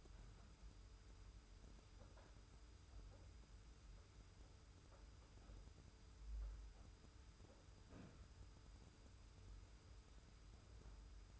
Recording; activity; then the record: daily activity, microphone in the room; wipe stove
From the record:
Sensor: 2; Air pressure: 991.3 hPa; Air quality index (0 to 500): 154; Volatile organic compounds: 541 ppm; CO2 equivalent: 4871 ppm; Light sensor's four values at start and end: 38/110/43/41 and 38/110/43/41